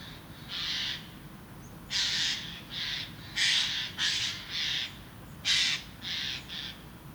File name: Garrulus glandarius